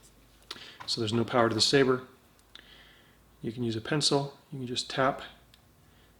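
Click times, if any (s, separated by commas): 5.5 s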